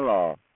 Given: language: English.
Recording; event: throat vibration sensor signal played as sound; speech